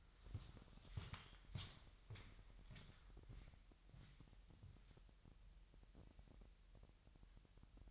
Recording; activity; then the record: daily activity, microphone in the room; walk to room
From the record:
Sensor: 3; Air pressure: 1001.9 hPa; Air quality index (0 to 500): 248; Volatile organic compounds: 49 ppm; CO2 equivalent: 3289 ppm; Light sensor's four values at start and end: 7/18/7/7 and 8/19/7/8